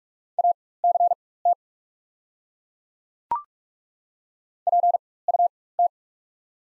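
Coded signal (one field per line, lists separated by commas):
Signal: Morse code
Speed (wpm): 42 wpm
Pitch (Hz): 700 Hz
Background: none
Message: ACT PUT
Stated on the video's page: Morse practice set of the top 500 words at 45 wpm with 4x character spacing, Farnsworth-style timing for moving from individual characters to whole words.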